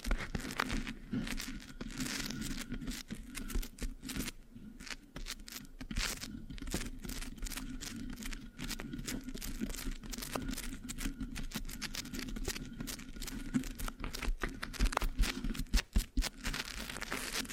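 Scratching and sticky tapping against a microphone, with rapid, irregular bursts of crackly, crinkling texture running throughout. A low steady hum sits underneath the whole time, while the sharp scratches come in dense clusters, with brief pauses near 4 and 16 seconds. No talking.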